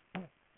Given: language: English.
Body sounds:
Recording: throat vibration sensor signal played as sound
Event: throat clearing

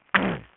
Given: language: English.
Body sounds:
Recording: throat vibration sensor signal played as sound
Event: throat clearing

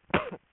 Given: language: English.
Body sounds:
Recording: throat vibration sensor signal played as sound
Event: cough

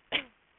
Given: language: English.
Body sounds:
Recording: throat vibration sensor signal played as sound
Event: cough

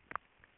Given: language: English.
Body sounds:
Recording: throat vibration sensor signal played as sound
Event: swallow

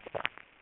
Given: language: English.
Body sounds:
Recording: throat vibration sensor signal played as sound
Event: swallow

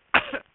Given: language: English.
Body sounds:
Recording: throat vibration sensor signal played as sound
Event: cough

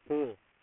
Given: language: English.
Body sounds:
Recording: throat vibration sensor signal played as sound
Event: speech

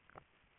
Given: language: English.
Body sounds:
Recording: throat vibration sensor signal played as sound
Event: swallow

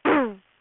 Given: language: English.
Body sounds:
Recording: throat vibration sensor signal played as sound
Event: throat clearing

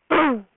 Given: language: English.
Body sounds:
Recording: throat vibration sensor signal played as sound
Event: throat clearing

